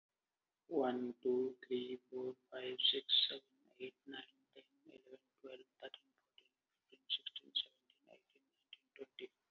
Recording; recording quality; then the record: counting at a normal pace; excellent, no background noise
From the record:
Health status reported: exposed to COVID-19, no respiratory illness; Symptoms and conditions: none ticked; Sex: male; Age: 42 years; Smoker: not ticked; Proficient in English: yes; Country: India